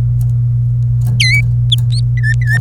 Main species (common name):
Domestic Canary